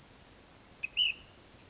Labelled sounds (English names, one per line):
Ash-throated Flycatcher